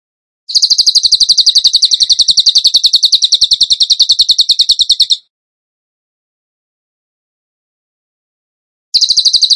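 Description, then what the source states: Bird song: a high, rapid trill of evenly pulsed notes lasting several seconds, then silence before it starts again. Masteran (training recording) in the tembakan gacor style.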